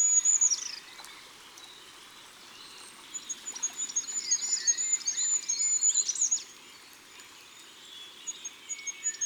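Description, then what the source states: Goldcrest giving a brief phrase at the start, then thin, very high repeated notes with a closing flourish. Recorded in autumn.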